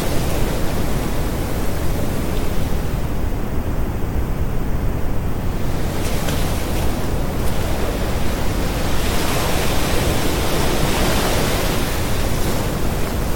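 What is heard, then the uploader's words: Steady pink noise fills the whole clip, a dense, even hiss weighted toward the low end, with ocean surf rolling beneath it. Around three to six seconds the brightest hiss thins briefly, then a wave surges more brightly near nine seconds before settling back. This unique audio blend combines the gentle, consistent hum of pink noise with the rhythmic, calming sound of ocean waves crashing. Pink Noise & Ocean Waves.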